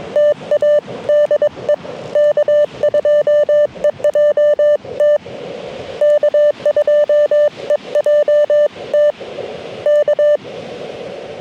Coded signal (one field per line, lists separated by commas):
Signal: Morse code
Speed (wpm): 21 wpm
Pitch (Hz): 590 Hz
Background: none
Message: TA DE K2EJT K2EJT K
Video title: Bramley Mountain SOTA